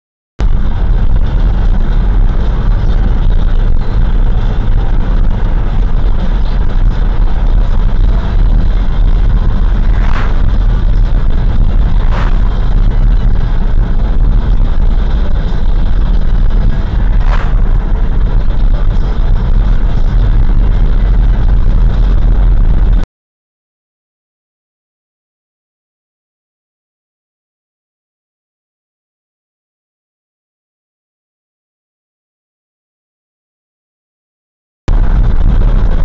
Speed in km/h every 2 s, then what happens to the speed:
73, 75, 73, 72, 72, 73, 73, 73, 73, 74, 76, 79, 82, 83, 82, 81, 81, 82.
0-17 steady at about 73. 17-25 speeds up to 83. 25-36 steady at about 82.